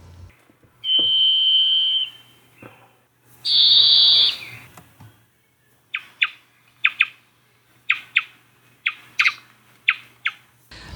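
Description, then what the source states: Varied Thrush song: a long, steady whistled tone, then a higher, buzzier held note; a run of short, sharp notes follows. Male singing on its breeding grounds in dense Pacific Northwest rainforest; song of whistled, flute-like tones, each on a single pitch, described as haunting and eerie.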